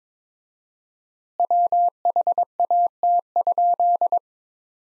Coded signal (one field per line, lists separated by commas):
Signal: Morse code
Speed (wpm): 22 wpm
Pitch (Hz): 700 Hz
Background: none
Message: WHAT?